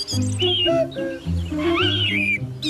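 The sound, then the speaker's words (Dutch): A short musical jingle announcing the 'vinktip' segment on the NPO Radio 1 programme VINK: steady low sustained chords under bright, warbling bird-like whistles and chirps that glide up and down, with no talking. “Ja, als je dit hoort, dan weten de luisteraars dat er een vinktip komt.”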